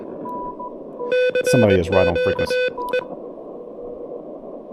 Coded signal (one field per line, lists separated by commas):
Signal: Morse code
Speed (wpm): 21 wpm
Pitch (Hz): 3500 Hz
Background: speech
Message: CQE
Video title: Testing the Tufteln KH1 Adapter: Tabletop QRP DX in the Clouds!